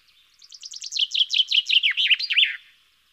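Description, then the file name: Common chaffinch singing one phrase: a fast series of sweet falling notes that speeds up, then finishes with a sharp, emphatic terminal flourish. "Fringilla coelebs"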